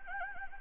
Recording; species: mosquito wingbeat signal from an infrared sensor; Anopheles gambiae